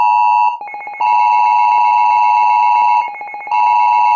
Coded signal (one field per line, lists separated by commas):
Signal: Emergency Alert System (SAME) tones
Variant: 853 and 960 Hz attention tone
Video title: The Derecho that will change lives… EAS MOCK number 2